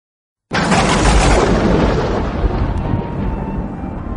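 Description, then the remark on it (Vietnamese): A deep roll of thunder breaks in suddenly after a short silence, then rumbles on, loud and sustained, slowly fading in its upper crackle while the low rumble keeps going. “Một chuỗi sấm rền.”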